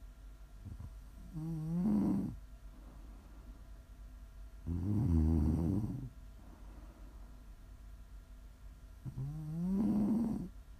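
Three loud, low snores come at a steady pace, about one every four and a half seconds, or roughly 13 to 14 a minute. Each has a rough, fluttering rasp with a rising, snorting tone, separated by quiet breathing. This is ordinary snoring.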